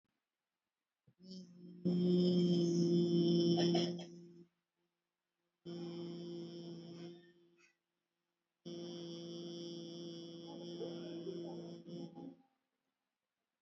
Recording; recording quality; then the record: sustained vowel as in beet; excellent, no background noise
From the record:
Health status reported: COVID-19 positive, mild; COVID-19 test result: positive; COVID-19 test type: RT-PCR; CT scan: not taken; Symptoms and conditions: cold, fever, muscle pain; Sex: female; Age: 34 years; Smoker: no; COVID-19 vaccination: none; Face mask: worn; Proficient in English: no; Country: India